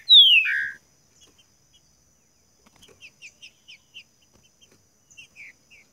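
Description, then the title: Green-winged saltator song opening with one loud whistled note sliding steeply downward, followed by soft, scattered short chips and brief notes. Song used to warm up a competition bird; described as chirping, singing and 'macheando' (male-style singing) in contest. "Esse É PERFEITO Para ESQUENTAR Seu TRINCA Piando, Cantando E Macheando Na DISPUTA. TRINCA FERRO CANTANDO MUITO PARA ESQUENTAR TRINCA FERRO"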